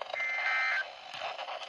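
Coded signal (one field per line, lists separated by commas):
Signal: Emergency Alert System (SAME) tones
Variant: end-of-message bursts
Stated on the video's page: Real EAS alerts from Hurricane Milton's tornado outbreak in Florida.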